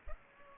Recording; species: mosquito wingbeat signal from an infrared sensor; Culex pipiens